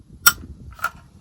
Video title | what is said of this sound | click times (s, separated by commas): The Colt Light Machine Gun (LMG) | heard that click | 0.3 s